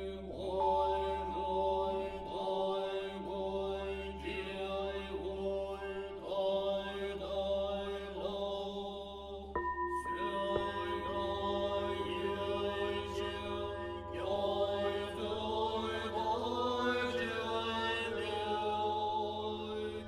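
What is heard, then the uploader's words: Buddhist chanting voices hold steady low tones beneath ringing bells that strike every couple of seconds, shifting pitch near ten and fifteen seconds. Meditation on Reality - with Buddhist Chants and Singing Bells.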